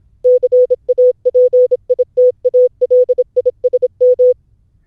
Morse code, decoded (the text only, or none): CAPITALISM